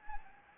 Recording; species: mosquito wingbeat signal from an infrared sensor; Anopheles gambiae